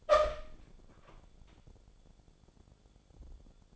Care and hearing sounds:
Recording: daily activity, microphone in the room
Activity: open door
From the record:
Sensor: 5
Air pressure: 1015.3 hPa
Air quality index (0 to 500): 217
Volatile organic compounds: 12 ppm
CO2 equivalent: 2352 ppm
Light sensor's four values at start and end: 35/80/32/31 and 35/80/32/31

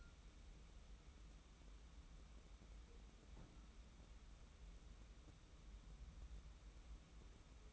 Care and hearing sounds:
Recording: daily activity, microphone in the room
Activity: wipe stove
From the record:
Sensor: 1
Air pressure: 994.5 hPa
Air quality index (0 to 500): 232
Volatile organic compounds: 1000 ppm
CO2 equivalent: 8356 ppm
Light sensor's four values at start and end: 139/321/143/157 and 139/320/142/156

